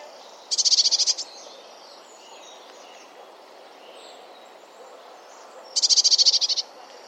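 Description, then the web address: Bird calling with two short, rapid trills of high, buzzy pulses about five seconds apart, over a quiet background. "cianscape birddata Deverinetal 2025 Bird Only Cy Ca"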